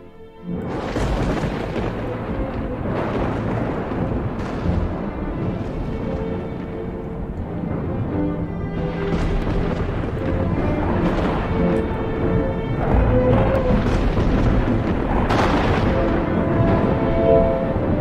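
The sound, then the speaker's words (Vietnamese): Loud, dry thunder on a hot day rumbles and cracks almost without pause, heavy booming bursts rolling over a low, steady drone for the whole stretch, with no rain and no voices. “Ở bên ngoài, chẳng biết cớ làm sao, trời đang nóng nực như vậy, bỗng nhiên nổ sấm khan. Tiếng sấm nghe đinh tai nhức óc, như là oán hận cái gì.”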